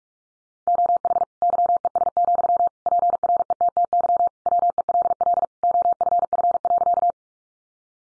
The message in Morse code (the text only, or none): OH YES, PRETTY WELL OFF.